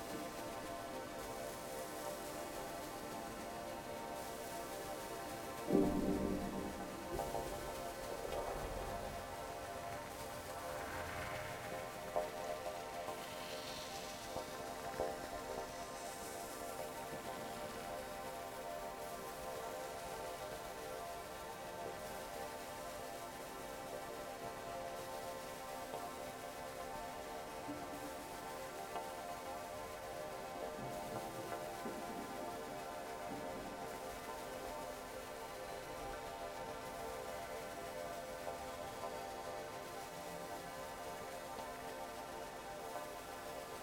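A radiophonic piece made from melting snow: a steady, dense, layered hum, with rising glides and a sharp knock near six seconds.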